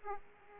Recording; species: mosquito wingbeat signal from an infrared sensor; Aedes aegypti